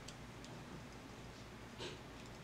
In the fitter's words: and it just clicks into place